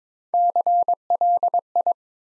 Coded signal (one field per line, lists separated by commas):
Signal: Morse code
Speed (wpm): 22 wpm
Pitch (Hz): 700 Hz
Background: none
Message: CLI